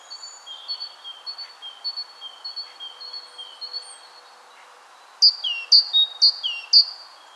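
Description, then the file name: Great tit calls: thin high whistled notes repeated steadily, then four louder two-part phrases sliding downward, each about half a second apart. "Parus major"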